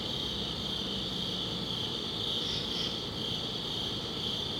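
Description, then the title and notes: Crickets chirping in a dense, continuous high-pitched trill that holds steady throughout, over a low rumbling background. Crickets outdoors at a summit at dusk. "Ext. Summit Crickets, Dusk by Bandeto"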